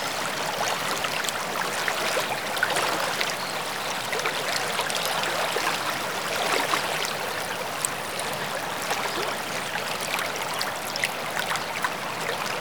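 A river rushes in a steady, dense hiss of bright splashing water, with no clear bird chirps standing out above the flow.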